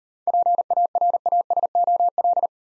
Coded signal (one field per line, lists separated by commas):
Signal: Morse code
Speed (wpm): 38 wpm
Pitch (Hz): 700 Hz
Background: none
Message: PARASOL